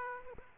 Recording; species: mosquito wingbeat signal from an infrared sensor; Aedes aegypti